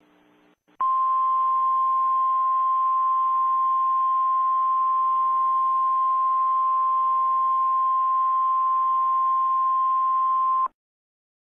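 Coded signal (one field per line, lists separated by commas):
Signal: Emergency Alert System (SAME) tones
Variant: 1050 Hz attention tone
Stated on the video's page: Mock EAS alert, not a real one.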